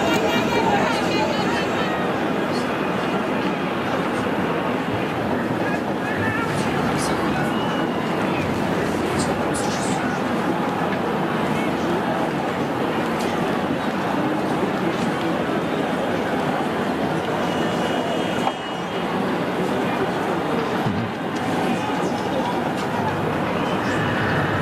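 A recording from a street protest in Belarus: a dense, steady wash of crowd voices and murmur, with a brief dip near eighteen seconds.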